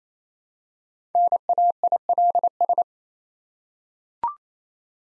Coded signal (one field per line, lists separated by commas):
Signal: Morse code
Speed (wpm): 27 wpm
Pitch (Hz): 700 Hz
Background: none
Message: NAILS